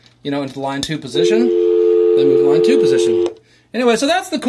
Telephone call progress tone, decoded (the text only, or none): dial tone